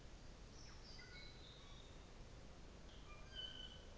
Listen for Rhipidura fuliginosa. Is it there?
no